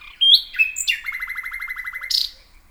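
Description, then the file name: Common nightingale song: a sharp rising whistle, a few varied notes, then a rapid trill of repeated notes ending in a harsh burst. "luscinia megarhynchos"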